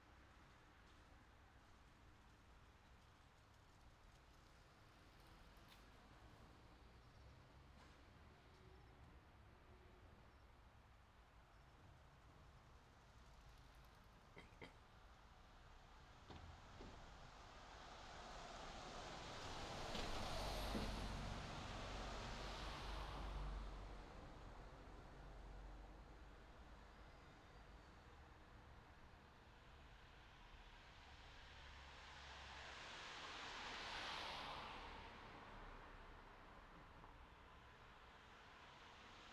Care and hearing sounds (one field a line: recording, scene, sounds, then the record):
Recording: everyday scene through a hearing-aid microphone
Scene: in traffic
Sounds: traffic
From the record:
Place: city secondary road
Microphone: in the ear canal, left